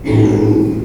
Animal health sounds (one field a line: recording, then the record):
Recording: squeal of a Yucatan mini pig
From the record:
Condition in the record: before surgery on the right vocal fold (resection and tissue-engineered implant)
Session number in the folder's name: 1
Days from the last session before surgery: -3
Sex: male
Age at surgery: 12 weeks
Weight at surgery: 13 kg